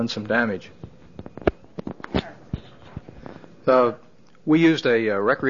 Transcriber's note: disturbance to microphone